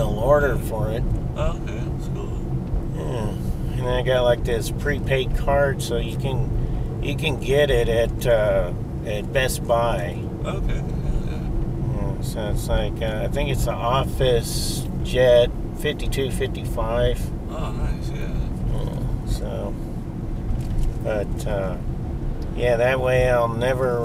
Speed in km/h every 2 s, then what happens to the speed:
42, 40, 40, 40, 40, 40, 42, 42, 42, 42, 40, 39.
0-24 steady at about 40.